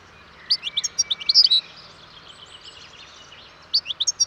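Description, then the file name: European goldfinch song: a brisk series of bright chirps and liquid twitters, a quiet gap, then a second similar burst. "Carduelis carduelis"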